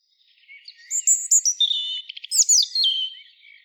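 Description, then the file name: European robin singing a rapid, varied phrase of high thin whistles, quick ticking notes and a descending sweet warble that fades at the end. "Erithacus rubecula"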